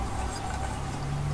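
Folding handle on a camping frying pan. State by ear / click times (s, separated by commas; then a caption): not seated / none. The folding handle of a Jetboil Summit Skillet, a ceramic-coated camping frying pan, is being handled as it is swung open. Only a low, steady background hum is heard, with no distinct hit or click. The clip ends before the handle locks into place, so nothing has seated yet.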